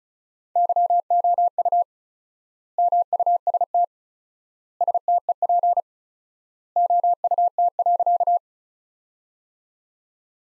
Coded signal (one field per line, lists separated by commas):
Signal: Morse code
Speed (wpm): 36 wpm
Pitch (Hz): 700 Hz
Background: none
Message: YOU MUST STEP OUT.